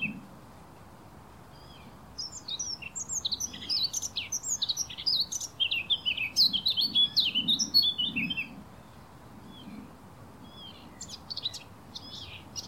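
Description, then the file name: Eurasian blackcap delivering a fast, scratchy warble of mixed high notes lasting about six seconds, with quiet gaps before and after and faint chirps toward the end. "Sylvia atricapilla"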